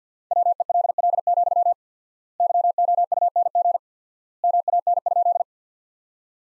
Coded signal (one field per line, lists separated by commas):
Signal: Morse code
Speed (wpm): 50 wpm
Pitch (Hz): 700 Hz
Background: none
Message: WELL, YOUNG MAN?